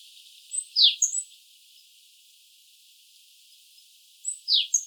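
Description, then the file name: Eurasian blue tit calling: two brief clusters of high, thin chirps, each with a quick falling sweep, separated by a few seconds of quiet. "Cyanistes caeruleus"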